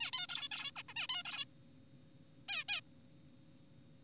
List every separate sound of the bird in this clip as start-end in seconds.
0.01-0.11, 0.13-0.27, 0.29-0.48, 0.51-0.71, 0.76-0.83, 0.89-0.94, 0.96-1.07, 1.09-1.23, 1.25-1.45, 2.49-2.64, 2.69-2.81